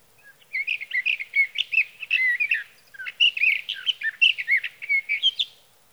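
Sage thrasher song, a long rapid warble of varied whistled and buzzy notes, broken by a few short pauses, no other sounds.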